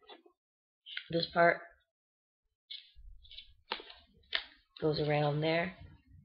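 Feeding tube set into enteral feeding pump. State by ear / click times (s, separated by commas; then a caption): not seated / none. Someone talks while the plastic part of a feeding tube set is routed around the mechanism of an enteral feeding pump, with a few brief handling ticks and rustles between the words. Nothing has seated or clicked into the pump yet.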